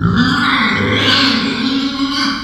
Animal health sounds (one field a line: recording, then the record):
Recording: squeal of a Yucatan mini pig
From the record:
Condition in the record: after surgery on the right vocal fold (resection and tissue-engineered implant)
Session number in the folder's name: 16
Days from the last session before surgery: 183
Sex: female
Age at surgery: 19 weeks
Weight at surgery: 25 kg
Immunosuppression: prednisolone